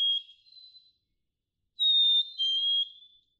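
Black-capped chickadee singing a pure whistled fee-bee, a higher note dropping to a lower held note, after the tail of an earlier phrase.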